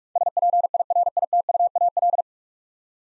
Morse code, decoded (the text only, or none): SPIRITUAL